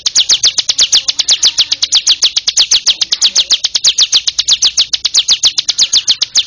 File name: ciblek monster